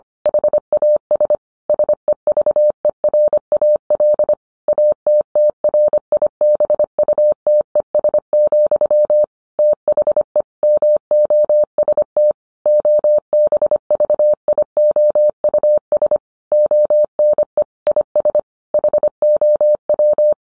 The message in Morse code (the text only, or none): HAS SEVERAL ATTRIBUTES, THE MOST OBVIOUS ONE IS HOW